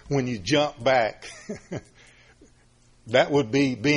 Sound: laughs